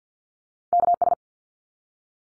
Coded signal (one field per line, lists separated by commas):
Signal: Morse code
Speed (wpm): 50 wpm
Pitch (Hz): 700 Hz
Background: none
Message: KS